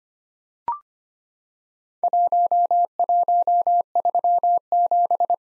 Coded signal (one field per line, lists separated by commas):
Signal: Morse code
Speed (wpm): 25 wpm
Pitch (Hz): 700 Hz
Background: none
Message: 1137